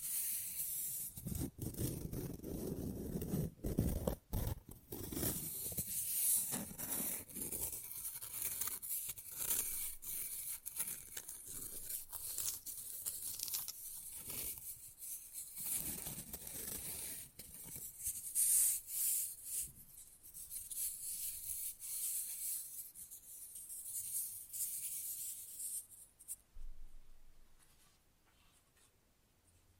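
Fast, rough nail filing rasps in quick back-and-forth strokes, dense and bright, with brief gaps between bursts. Sharp taps cut through around the first few seconds and again mid-clip. Near the end the filing thins out and stops, leaving near silence.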